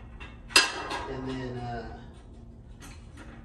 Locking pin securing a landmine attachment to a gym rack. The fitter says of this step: locks into place and